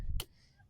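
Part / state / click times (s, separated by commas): axle clamp with wheel tubes on the golf cart booster / seated / 0.2 s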